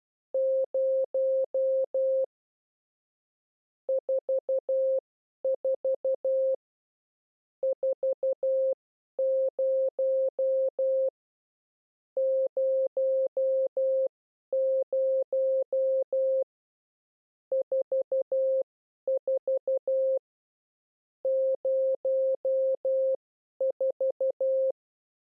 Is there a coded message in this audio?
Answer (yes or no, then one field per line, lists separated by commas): yes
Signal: Morse code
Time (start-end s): 0.3-24.7 s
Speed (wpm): 12 wpm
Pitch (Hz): 530 Hz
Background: none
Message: 0 44 40 00 44 04